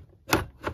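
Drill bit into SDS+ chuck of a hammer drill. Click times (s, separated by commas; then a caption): 0.3 s. A steel SDS+ drill bit is pushed one-handed into the chuck of a Parkside PBH1050 C3 hammer drill and locks in by itself. A sharp click at 0.3 s marks the bit seating, followed by a softer second click at 0.7 s.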